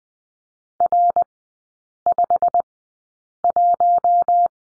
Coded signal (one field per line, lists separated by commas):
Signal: Morse code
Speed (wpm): 20 wpm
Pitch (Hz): 700 Hz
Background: none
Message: R51